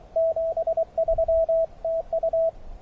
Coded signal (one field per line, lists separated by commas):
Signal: Morse code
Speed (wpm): 23 wpm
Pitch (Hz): 660 Hz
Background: radio noise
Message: 73 TU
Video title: Höchstein OE/ST-334, SOTA Hike n Fly, August 21st 2023